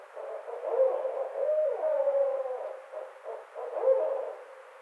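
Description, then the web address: Barred owl calling, drawn-out low hoots with a sliding, wavering middle note, then a final hoot after a short pause. Recorded 29 May 2009. "Barred Owl 2009 05 29 Barred Owl"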